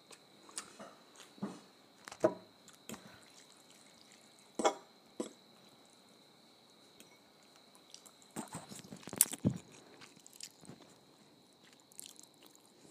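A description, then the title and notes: Ramen noodles being eaten, with soft slurps, bites and wet chewing clicks arriving in irregular bursts, busiest around 1–3 seconds, near 4.6 seconds and from 8.5 to 10 seconds. A steady high whine runs underneath throughout, with quiet gaps between the mouth sounds. ASMR Ramen Noodles.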